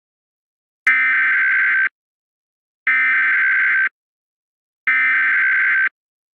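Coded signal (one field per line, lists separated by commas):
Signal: Emergency Alert System (SAME) tones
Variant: header bursts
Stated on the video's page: Simulated EAS mock for a tornado.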